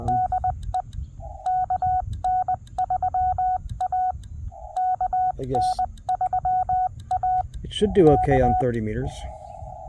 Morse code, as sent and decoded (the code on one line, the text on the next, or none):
-.. . / -.- -. ...-- .- / -.- -. ...-- .- / -.-
DE KN3A KN3A K